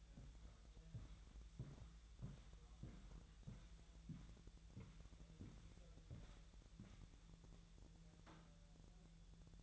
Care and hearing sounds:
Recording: daily activity, microphone in the room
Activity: walk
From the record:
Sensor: 3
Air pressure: 1001.9 hPa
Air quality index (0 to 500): 244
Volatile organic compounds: 115 ppm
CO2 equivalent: 3849 ppm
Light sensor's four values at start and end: 9/20/8/9 and 9/21/9/9

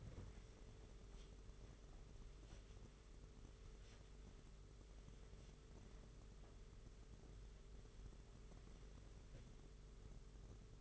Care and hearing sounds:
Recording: daily activity, microphone in the room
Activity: wipe stove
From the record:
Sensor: 4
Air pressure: 992.3 hPa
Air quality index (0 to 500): 111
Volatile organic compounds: 19 ppm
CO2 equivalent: 2662 ppm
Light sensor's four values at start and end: 22/76/28/29 and 22/76/28/29

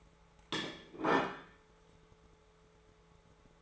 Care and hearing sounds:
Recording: daily activity, microphone in the room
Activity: place plate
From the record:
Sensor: 3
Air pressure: 1015.0 hPa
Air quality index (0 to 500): 208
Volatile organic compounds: 33 ppm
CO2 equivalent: 3028 ppm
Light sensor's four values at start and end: 18/43/18/19 and 20/48/21/22

